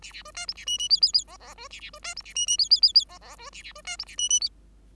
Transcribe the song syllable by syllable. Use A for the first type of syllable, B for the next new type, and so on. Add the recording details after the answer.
A A B C D A E E F F F G G B A A B C D A E E F F F F G G B A A B C D A E E F. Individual Bird5